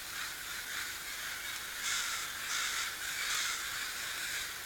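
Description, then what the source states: Crow cawing, rough grating notes in irregular bursts over steady background noise. At sea.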